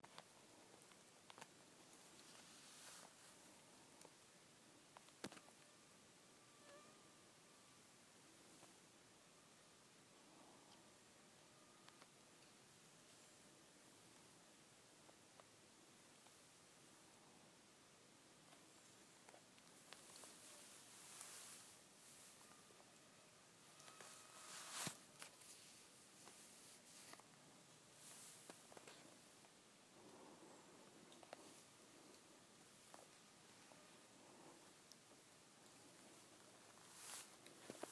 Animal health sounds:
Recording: mosquito flight sound by mobile phone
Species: Aedes sierrensis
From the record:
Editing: field recording with all noises

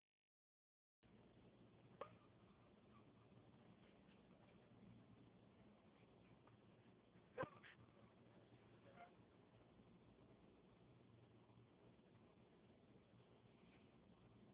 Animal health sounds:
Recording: mosquito flight sound by mobile phone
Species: Anopheles gambiae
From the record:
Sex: mixed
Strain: Kisumu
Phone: Huawei 866C

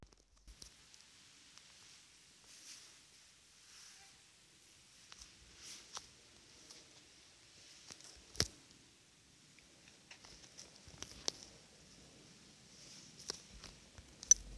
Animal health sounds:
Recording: mosquito flight sound by mobile phone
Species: Aedes sierrensis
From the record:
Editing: field recording with all noises

